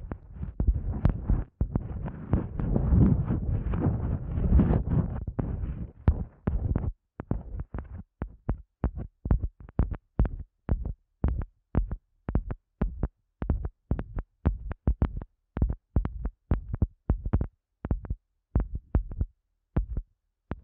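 Eardrum massage sounds: for the first seven seconds a dense, muffled rubbing with low thumping and crackle. After that it breaks into regular soft thumps, about two per second, each a short low pulse with brief silences between, like a steady heartbeat.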